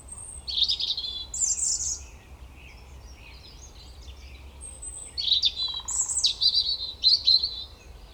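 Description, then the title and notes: European robin song in two bursts, each opening on a thin high whistle and then tumbling into sweet warbled notes and quick trills, with a quiet gap between them. Koniówka, Lesser Poland, Poland; Zoom F3 recorder with Usi Pro drop rig. "Koniówka, województwo małopolskie, Polska - Robin, King of the Petland. Recordist: Maciej Wirmański"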